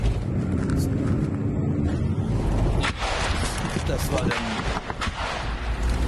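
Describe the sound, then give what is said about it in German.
A single sharp blast, likely an artillery shell, strikes a private car on a road in Ukraine partway through, punching a hole in the windscreen; a sudden bang over constant loud rumbling and roaring noise, like wind or a running engine, which continues after the impact. “Wahrscheinlich Artillerie, es klingt wie ein Schuss, aber es war wahrscheinlich Artillerie”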